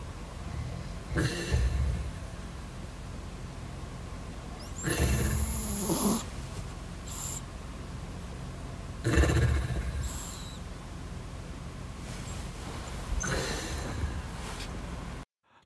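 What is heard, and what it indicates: Irregular snorting, rasping sleep breaths recur every few seconds, about 14 a minute, over steady room hiss. They are a sleeping husband's breathing mixed with a pet dog's snoring at 6 a.m. A brief burst of voice or music follows at the end.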